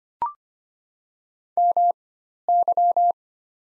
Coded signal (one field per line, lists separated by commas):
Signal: Morse code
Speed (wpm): 25 wpm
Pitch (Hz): 700 Hz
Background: none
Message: MY